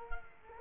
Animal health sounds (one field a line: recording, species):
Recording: mosquito wingbeat signal from an infrared sensor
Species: Culex quinquefasciatus